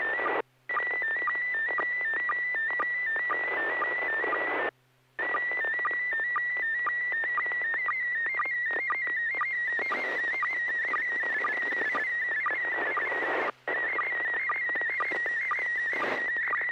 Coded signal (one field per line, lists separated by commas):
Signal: SSTV (slow-scan television)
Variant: PD 120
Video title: N6NA SSTV Net - 04/01/2026